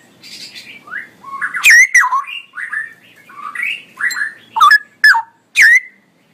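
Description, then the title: Straw-headed bulbul song: softer warbled phrases alternating with several loud, bubbling, downward-sliding bursts. Male; described in Indonesian as gacor (singing persistently) with a loud voice and long, drawn-out 'ROoo EL' phrases. "GILEEE Cucak ROWO Jantan GACOR Suara Lantang ROoo EL Panjang"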